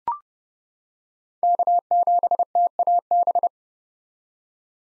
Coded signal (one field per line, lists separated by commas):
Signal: Morse code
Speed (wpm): 31 wpm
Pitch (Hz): 700 Hz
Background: none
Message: K7TAB